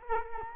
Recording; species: mosquito wingbeat signal from an infrared sensor; Culex quinquefasciatus